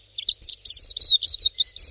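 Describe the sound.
Pleci silvereye with a brief string of thin, high, warbled chirps, each note slurring slightly downward, delivered in quick succession.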